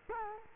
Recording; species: mosquito wingbeat signal from an infrared sensor; Culex quinquefasciatus